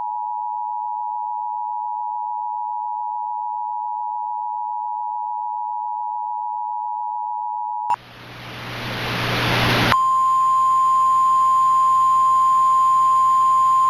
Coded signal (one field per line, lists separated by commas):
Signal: Emergency Alert System (SAME) tones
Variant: 853 and 960 Hz attention tone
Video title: EAS Mock Remake: Tornado Emergency